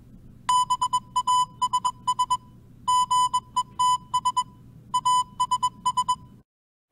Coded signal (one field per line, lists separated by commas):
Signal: Morse code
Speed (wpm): 21 wpm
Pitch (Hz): 1000 Hz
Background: music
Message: BASS GETS ASS